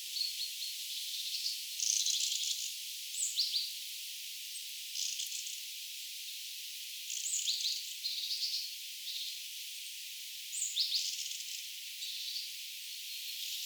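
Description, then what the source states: Mistle thrush giving dry, rattling calls in short bursts, several spaced throughout over a steady hiss. Calls recorded 7 October 2024.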